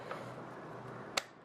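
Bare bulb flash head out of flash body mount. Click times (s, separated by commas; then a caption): 1.2 s. A bare bulb flash head is released from its mount on a flash body: the lock is pushed down and the head is slid down and taken out, giving a sharp click at 1.2 s. A softer tap is heard at 0.1 s, and the head comes free.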